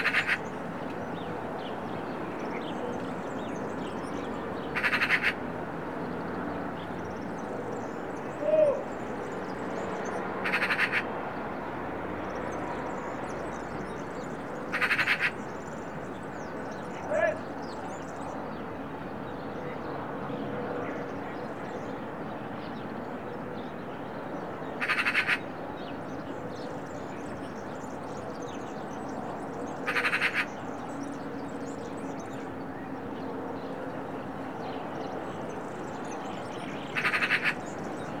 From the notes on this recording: daily recordings from my studio in the Serra de Collserola natural park